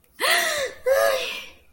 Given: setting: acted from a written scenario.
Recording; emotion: vocal sound without words; elation